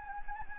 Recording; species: mosquito wingbeat signal from an infrared sensor; Anopheles gambiae